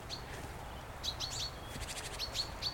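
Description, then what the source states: Blue tit and great tit calls: a scatter of thin high notes from a small party of birds over low steady background noise. A small mixed party of mostly tits in riverside trees along the River Usk, Wales, in early January, with the river high.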